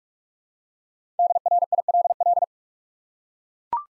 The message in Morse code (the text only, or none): DRILL